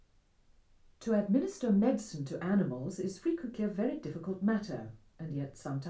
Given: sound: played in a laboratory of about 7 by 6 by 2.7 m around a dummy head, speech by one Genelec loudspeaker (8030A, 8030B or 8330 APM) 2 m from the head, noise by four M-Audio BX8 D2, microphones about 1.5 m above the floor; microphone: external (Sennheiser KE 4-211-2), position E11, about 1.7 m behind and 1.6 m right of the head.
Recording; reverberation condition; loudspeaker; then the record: female speech in English; low; behind (180 degrees)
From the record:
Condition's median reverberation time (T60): about 310 ms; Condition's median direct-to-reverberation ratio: about 3.5 dB